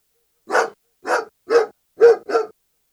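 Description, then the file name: German Shepherd barking five times, evenly spaced about half a second apart, the last two closer together, with nothing else heard. "Het blaffen van een Duitse herder - Beeld en Geluid"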